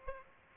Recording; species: mosquito wingbeat signal from an infrared sensor; Aedes aegypti